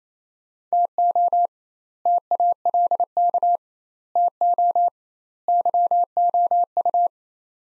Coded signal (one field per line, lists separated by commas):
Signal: Morse code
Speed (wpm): 28 wpm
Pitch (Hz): 700 Hz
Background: none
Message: TO TALK TO YOU